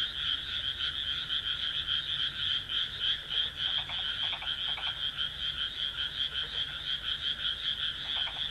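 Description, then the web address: Many frogs croak together in a steady, throbbing chorus, with clusters of lower rattling croaks around the middle and at the close. "kaeru kaeru"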